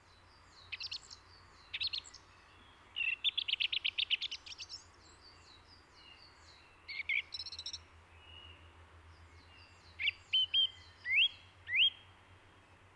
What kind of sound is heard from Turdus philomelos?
song